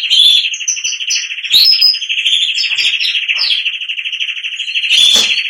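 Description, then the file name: Canary song: a sustained bubbling roll at one pitch for the whole passage, with brief higher chirps laid over it. "canto do canario giboso espanhol"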